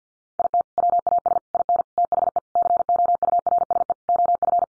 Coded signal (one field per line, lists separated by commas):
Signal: Morse code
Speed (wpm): 50 wpm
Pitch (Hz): 700 Hz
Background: none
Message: IT WAS IN THE COURSE OF